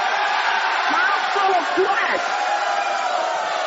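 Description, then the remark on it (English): A crowd of men shouting and hollering all at once, a steady, dense wall of overlapping yells with a few rising whoops cutting through, holding the same loudness throughout. “I had my boys yelling in the background.”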